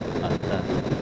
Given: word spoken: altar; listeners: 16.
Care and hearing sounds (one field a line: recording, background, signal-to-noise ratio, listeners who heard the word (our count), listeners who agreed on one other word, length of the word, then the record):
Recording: one Spanish word in noise, from a listening test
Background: noise modulated by three-talker babble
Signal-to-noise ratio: -5.8 dB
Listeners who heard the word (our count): 0 of 16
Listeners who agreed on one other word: 6 of 16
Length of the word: 0.62 s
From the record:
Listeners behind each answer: 6, 3, 3, 1, 1, 1, 1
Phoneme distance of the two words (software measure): 17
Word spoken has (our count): 2 syllables, 5 phonemes, stress on syllable 2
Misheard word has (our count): 2 syllables, 6 phonemes, stress on syllable 2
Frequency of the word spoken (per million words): 12.93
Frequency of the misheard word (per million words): 24.15